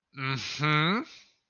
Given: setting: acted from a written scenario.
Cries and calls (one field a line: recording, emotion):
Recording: vocal sound without words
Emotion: pride